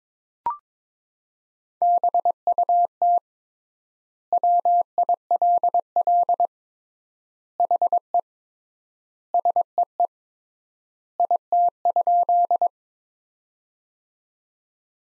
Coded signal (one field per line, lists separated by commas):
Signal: Morse code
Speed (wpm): 22 wpm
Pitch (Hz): 700 Hz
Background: none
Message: BUT WILL HE SEE IT?